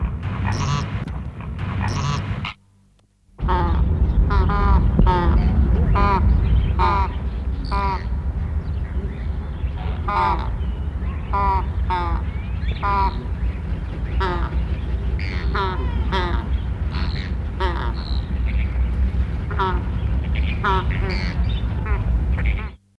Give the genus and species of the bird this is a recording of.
Phoenicopterus chilensis